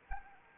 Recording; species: mosquito wingbeat signal from an infrared sensor; Anopheles arabiensis